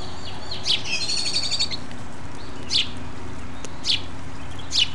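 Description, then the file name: House sparrow chirps, four sharp single notes at irregular intervals, with a thin, rapid high trill near the start. "Passer domesticus"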